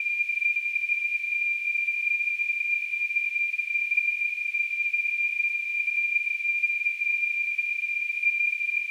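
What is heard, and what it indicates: A steady, unbroken high-pitched tone, a little above 2 kHz, with a faint hiss around it, holds unchanged for the whole nine seconds. It is a simulated tonal tinnitus: a sample of the constant ringing heard by people with tinnitus.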